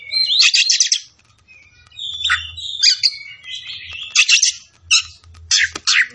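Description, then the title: Oriental magpie-robin singing a loud, varied song of harsh buzzy bursts and clear whistled notes, in quick phrases with short pauses between them. Tretes; singing vigorously (gacor). "Kacer Tretes Gacor"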